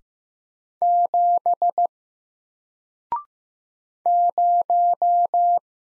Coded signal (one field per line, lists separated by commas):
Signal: Morse code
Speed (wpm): 15 wpm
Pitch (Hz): 700 Hz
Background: none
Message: 7 0